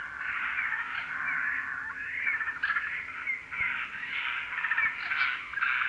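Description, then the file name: Eurasian jay giving continuous harsh, rasping screeches, rough and noisy throughout. "Garrulus glandarius"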